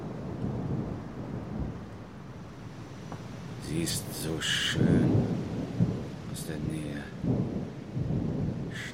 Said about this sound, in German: Das Gewitter.